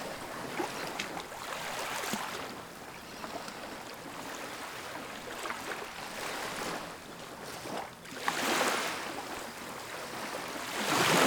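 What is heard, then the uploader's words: Waves splash and wash, a continuous churning hiss with repeated surges. The water swells noticeably around the second, eighth and final seconds, the last rush being the loudest and brightest. A faint low rumble sits underneath throughout. Splashing Waves.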